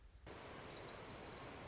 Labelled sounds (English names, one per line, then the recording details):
Orange-crowned Warbler
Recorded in Sonoma County, California